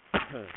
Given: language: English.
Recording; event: throat vibration sensor signal played as sound; cough